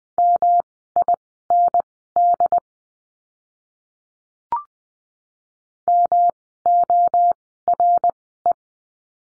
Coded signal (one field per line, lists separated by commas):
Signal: Morse code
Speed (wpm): 20 wpm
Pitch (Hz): 700 Hz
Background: none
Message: MIND MORE